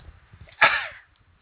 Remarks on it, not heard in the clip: I didn't mean to sneeze in your ears here.